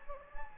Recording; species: mosquito wingbeat signal from an infrared sensor; Anopheles gambiae